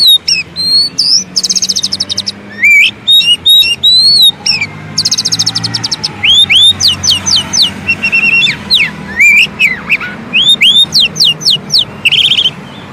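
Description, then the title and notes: Oriental magpie-robin song with fast buzzy trills and loud upslurred whistles delivered in quick succession, against a low rumbling background. Kacer song used as isian (filler song for training birds), long-duration recording meant to make birds sing vigorously day and night. "Kacer Jadi Gacor Siang Malam. Isian Kacer Durasi Panjang"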